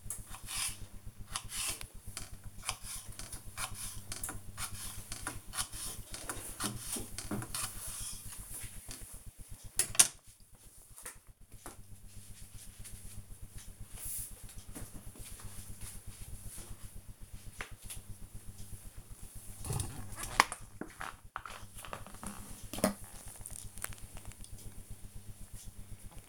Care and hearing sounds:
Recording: household activities, microphone on the right wrist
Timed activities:
0.00-9.55 s: cutting vegetables
20.62-26.29 s: drinking

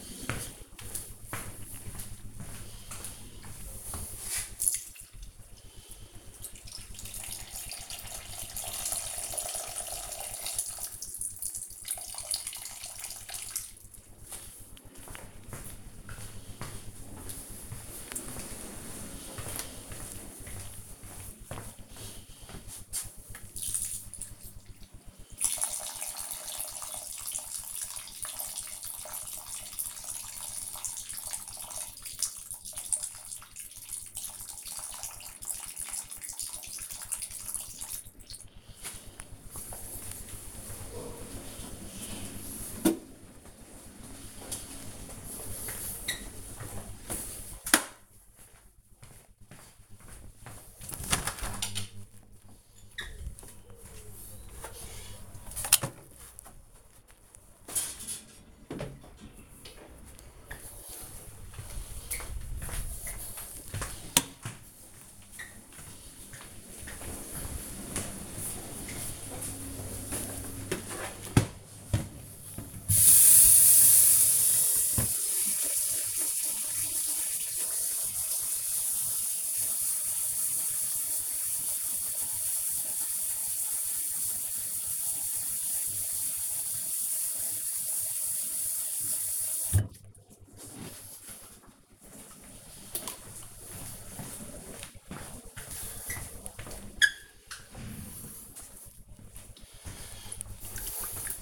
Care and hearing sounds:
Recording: household activities, microphone on the right wrist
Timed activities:
0.00-38.42 s: watering plant

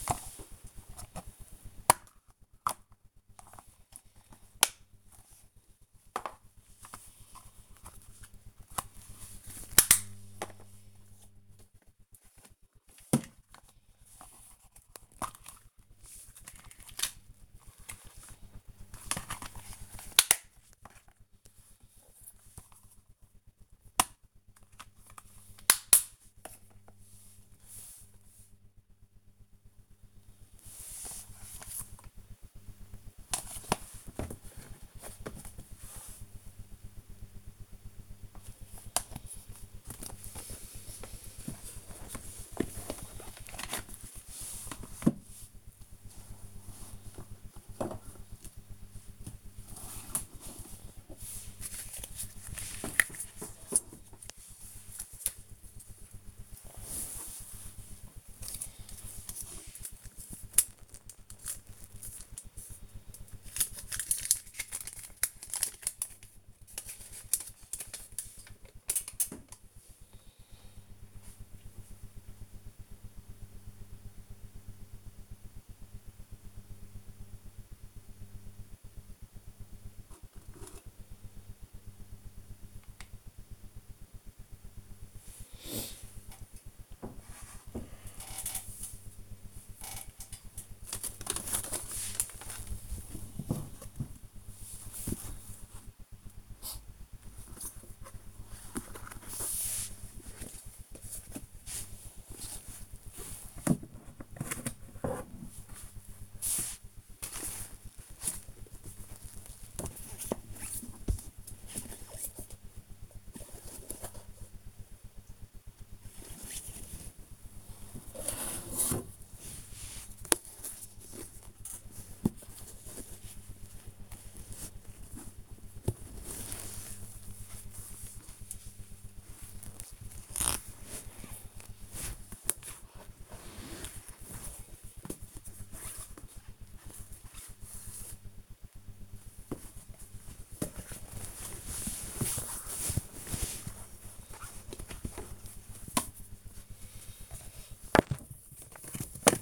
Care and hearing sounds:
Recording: household activities, microphone on the right wrist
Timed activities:
0.00-57.05 s: sorting documents
64.08-149.42 s: sorting documents

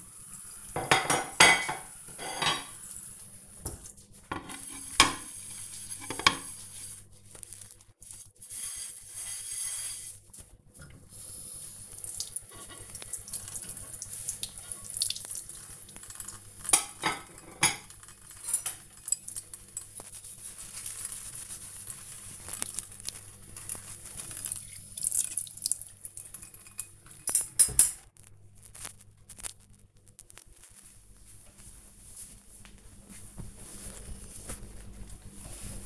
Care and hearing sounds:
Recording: household activities, microphone on the right wrist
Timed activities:
0.00-28.22 s: washing dishes

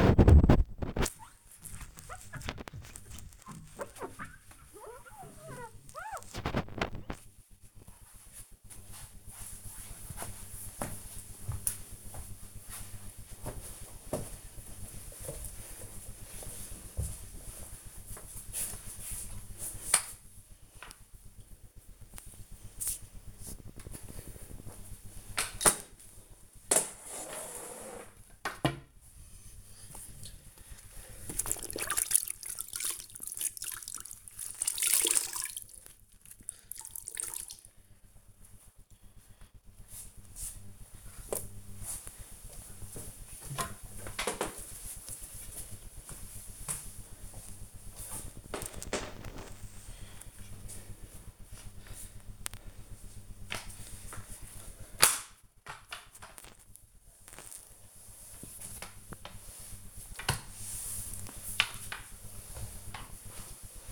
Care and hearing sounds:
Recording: household activities, microphone on the right wrist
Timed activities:
0.00-7.93 s: window cleaning
23.02-63.92 s: floor cleaning

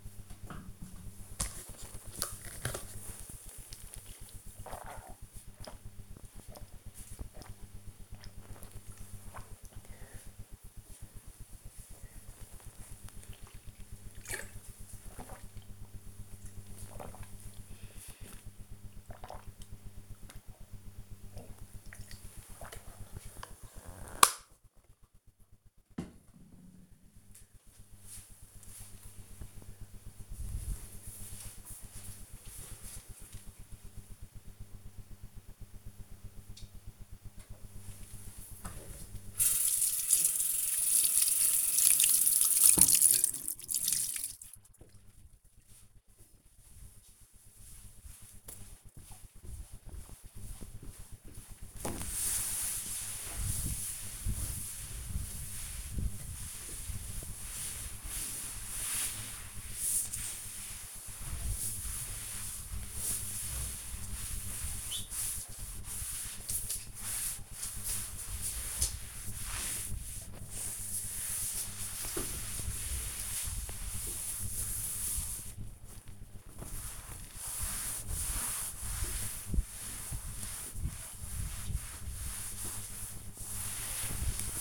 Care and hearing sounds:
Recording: household activities, microphone on the right wrist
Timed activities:
0.08-25.23 s: drinking
37.27-84.61 s: cleaning table

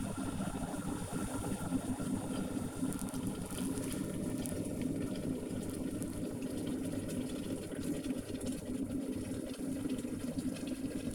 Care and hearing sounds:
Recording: household activities, microphone on the right wrist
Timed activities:
0.00-11.15 s: making tea

